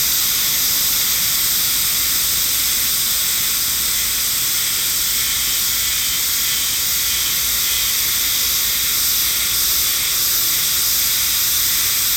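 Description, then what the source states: Himeharuzemi cicada: continuous high, hissing buzz from many cicadas calling together, only faintly pulsing, with no other clear sounds. Chorus in the sacred forest of Nou Hakusan Shrine, Japan, the northernmost habitat on the Sea of Japan side; possibly near season's end; calling fairly well; recorded with an MKH8020 microphone.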